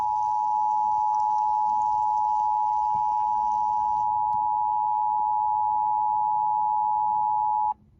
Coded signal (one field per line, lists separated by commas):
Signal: Emergency Alert System (SAME) tones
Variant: 853 and 960 Hz attention tone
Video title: EAS 193 - Severe Thunderstorm Warning for Iowa on WDFA The Blizzard